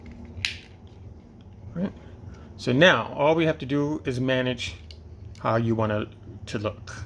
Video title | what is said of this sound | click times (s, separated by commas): Titan Returns Wolfwire and Monxo ( G1 Weirdwolf ) | You take this, you bring it back, and it's going to click into place. | 0.4 s